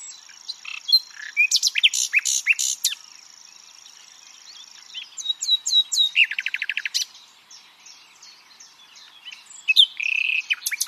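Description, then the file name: Common nightingale song, varied phrases mixing sharp repeated clicks, a fast low trill and pure whistled notes, separated by brief pauses. "Luscinia megarhynchos"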